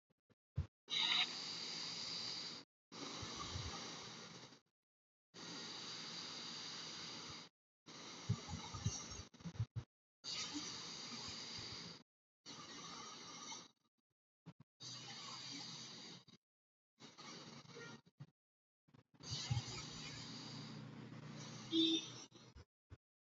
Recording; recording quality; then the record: deep breathing; excellent, no background noise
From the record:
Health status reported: healthy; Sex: male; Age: 35 years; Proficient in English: yes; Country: India